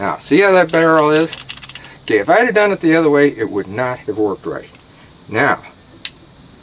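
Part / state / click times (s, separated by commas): takedown pin into pistol frame / seated / 6.0 s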